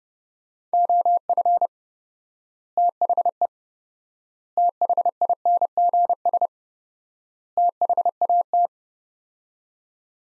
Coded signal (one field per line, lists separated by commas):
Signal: Morse code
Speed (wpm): 32 wpm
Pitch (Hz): 700 Hz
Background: none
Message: OF THE THINGS THAT